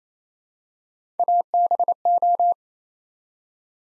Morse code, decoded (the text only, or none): ABO